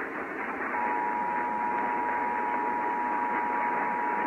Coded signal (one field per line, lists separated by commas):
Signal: Emergency Alert System (SAME) tones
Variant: 853 and 960 Hz attention tone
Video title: GA Required Monthly Test (12/19/18)